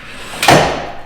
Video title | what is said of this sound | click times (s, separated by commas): We Install a TREKTOP ULTRA on our Jeep Wrangler JLU Rubicon! | what's cool is it not only is easy but it also locks into place | 0.4 s